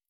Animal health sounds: hydrophone in a shrimp aquaculture tank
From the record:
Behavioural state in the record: stressed

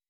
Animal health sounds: hydrophone in a shrimp aquaculture tank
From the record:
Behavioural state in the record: weakened

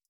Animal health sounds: hydrophone in a shrimp aquaculture tank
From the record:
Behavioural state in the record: stressed

